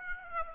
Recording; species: mosquito wingbeat signal from an infrared sensor; Aedes aegypti